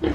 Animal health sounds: pig call; growing-finishing pig (85 days or more)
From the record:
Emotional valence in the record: negative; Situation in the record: barren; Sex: female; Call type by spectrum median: low-frequency call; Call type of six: low-frequency stable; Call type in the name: low-frequency stable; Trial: 4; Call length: 0.15 s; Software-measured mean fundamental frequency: 47 Hz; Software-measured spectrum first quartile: 246 Hz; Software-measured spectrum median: 361 Hz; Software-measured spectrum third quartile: 665 Hz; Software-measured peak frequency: 330 Hz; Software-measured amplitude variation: 206 dB a second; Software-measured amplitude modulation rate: 16.8 a second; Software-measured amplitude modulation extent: 12.3 dB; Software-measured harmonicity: 2.2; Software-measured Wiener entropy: -0.89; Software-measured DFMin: 941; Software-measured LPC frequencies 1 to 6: 382, 1867, 3124, 5188, 6457, 7402 Hz

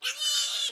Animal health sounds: pig call; piglet (1 to 25 days)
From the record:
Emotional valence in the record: negative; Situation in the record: restrain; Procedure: in the arms of a person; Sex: male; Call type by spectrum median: high-frequency call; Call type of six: high-frequency stable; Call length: 0.71 s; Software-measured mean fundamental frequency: 278 Hz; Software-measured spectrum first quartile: 3193 Hz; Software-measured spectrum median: 4148 Hz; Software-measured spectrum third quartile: 6121 Hz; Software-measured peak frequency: 3010 Hz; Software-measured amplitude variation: 125 dB a second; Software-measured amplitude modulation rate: 20.3 a second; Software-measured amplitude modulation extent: 6.1 dB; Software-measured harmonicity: 5.0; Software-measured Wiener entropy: -2.27

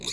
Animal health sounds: pig call; weaner (32 to 43 days)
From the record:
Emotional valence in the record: negative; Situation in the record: long isolation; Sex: female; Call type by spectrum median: high-frequency call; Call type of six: high-frequency stable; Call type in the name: high-frequency stable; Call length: 0.13 s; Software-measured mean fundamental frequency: 92 Hz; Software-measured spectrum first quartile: 2929 Hz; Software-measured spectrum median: 4205 Hz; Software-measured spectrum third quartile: 6278 Hz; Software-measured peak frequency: 3684 Hz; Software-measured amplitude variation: 165 dB a second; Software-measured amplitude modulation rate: 11.8 a second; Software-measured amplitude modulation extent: 14.0 dB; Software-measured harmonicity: 3.5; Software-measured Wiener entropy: -2.55

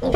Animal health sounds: pig call; piglet (1 to 25 days)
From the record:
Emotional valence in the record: positive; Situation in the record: reunion after long isolation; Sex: female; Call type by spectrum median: low-frequency call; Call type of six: low-frequency tonal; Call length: 0.15 s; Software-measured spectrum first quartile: 236 Hz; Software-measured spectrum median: 446 Hz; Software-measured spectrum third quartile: 677 Hz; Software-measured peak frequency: 516 Hz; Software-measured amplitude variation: 77 dB a second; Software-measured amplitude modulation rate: 22.9 a second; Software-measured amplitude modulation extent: 3.4 dB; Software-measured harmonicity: 3.4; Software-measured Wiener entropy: -0.72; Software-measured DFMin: 906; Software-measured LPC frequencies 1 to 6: 523, 2262, 3170, 3704, 4735, 6816 Hz

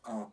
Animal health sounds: pig call; piglet (1 to 25 days)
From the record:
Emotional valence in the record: negative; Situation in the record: restrain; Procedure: back test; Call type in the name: low-frequency call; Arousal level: medium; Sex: male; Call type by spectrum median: low-frequency call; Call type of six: low-frequency stable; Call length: 0.33 s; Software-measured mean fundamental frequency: 51 Hz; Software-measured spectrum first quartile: 227 Hz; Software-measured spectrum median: 459 Hz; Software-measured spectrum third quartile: 797 Hz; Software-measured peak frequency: 656 Hz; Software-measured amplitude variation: 164 dB a second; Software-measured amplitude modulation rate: 10.6 a second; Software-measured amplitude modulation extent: 15.5 dB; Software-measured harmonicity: 3.8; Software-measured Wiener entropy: -0.14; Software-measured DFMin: 1086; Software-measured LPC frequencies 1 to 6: 676, 3499, 4849, 6130, 6851, 7869 Hz

